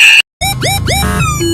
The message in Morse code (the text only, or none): none